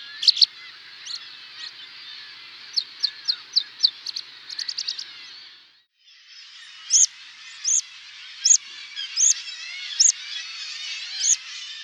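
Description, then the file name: Rock pipit song: a run of thin high notes that quickens into a fast trill, a short pause, then more spaced, sharp high notes over a steady hiss. "skarpiplarka"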